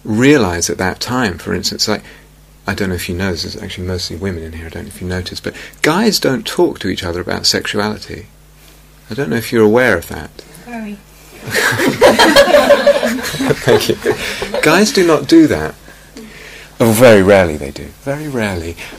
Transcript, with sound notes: realize at that time, for instance, like, I don't know if you know this -- it's actually mostly women in here -- I don't know if you noticed, but guys don't talk to each other about sexuality. I don't know if you're aware of that. Very. [laughter] Thank you! Guys do not do that -- or very rarely they do, very rarely.